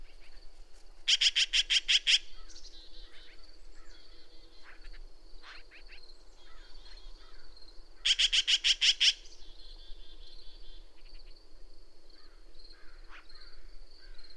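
Bird song of two loud bursts of rapid buzzy notes about seven seconds apart, with scattered faint chirps and a constant high hum between.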